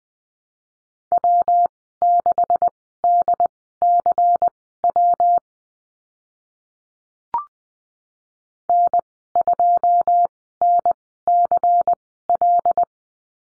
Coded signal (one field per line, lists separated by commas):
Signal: Morse code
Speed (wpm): 20 wpm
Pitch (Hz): 700 Hz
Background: none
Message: W6DCW N2NCL